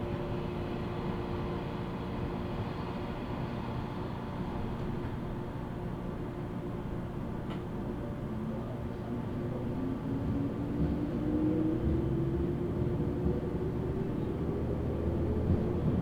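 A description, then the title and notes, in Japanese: A steady, dense low rumble of a train on the Kagoshima and Chikuho lines, with a constant hum and a few steady tones running throughout. From about eight seconds a pitch rises slowly, like a motor winding up, and the rumble grows slightly louder toward the end. 鹿児島本線・筑豊本線 九州工大前→折尾→本城。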